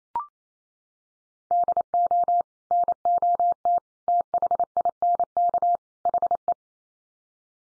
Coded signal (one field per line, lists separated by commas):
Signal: Morse code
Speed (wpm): 28 wpm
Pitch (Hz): 700 Hz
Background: none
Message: DO NOT THINK HE